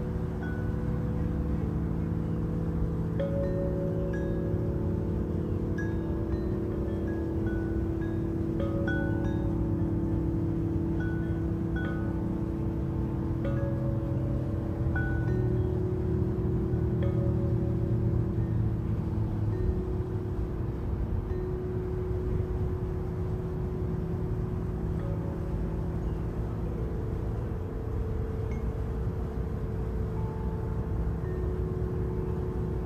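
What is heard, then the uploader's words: A chime tree sprinkles quick, bright tinkles through the first twenty seconds over a steady, loud low hum of ringing tones and rumble. Chime Tree. Oak tree.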